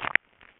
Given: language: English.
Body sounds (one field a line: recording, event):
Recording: throat vibration sensor signal played as sound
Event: swallow